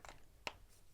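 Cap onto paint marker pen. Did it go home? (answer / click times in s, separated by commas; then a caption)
yes / 0.5 s. A cap is pushed onto a paint marker pen until it snaps tight, with a faint rustle near 0.1 s and then a sharp, bright click at 0.5 s. The cap is seated and clicked shut.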